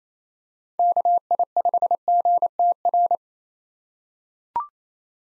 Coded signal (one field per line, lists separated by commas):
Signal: Morse code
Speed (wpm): 28 wpm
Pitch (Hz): 700 Hz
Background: none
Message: KI5GTR